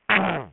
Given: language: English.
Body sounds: throat vibration sensor signal played as sound; throat clearing

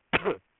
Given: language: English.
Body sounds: throat vibration sensor signal played as sound; cough

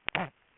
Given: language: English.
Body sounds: throat vibration sensor signal played as sound; throat clearing

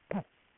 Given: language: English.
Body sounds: throat vibration sensor signal played as sound; throat clearing

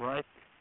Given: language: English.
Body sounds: throat vibration sensor signal played as sound; speech

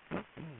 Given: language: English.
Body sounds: throat vibration sensor signal played as sound; throat clearing

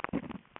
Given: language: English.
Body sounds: throat vibration sensor signal played as sound; swallow

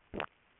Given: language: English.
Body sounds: throat vibration sensor signal played as sound; swallow

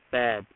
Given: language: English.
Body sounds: throat vibration sensor signal played as sound; speech

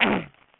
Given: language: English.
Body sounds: throat vibration sensor signal played as sound; throat clearing

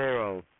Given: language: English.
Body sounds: throat vibration sensor signal played as sound; speech

